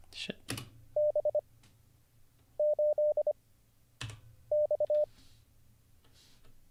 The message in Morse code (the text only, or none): B 8 X